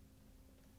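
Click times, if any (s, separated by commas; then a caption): none. A replacement folding tine row, part WD28X20165, is being lined up and handled on the wire rack of a GE dishwasher, ready to be pushed into its four plastic clips. Only a steady low rumble and faint background noise are heard, with no distinct hits. Nothing has seated or clicked yet.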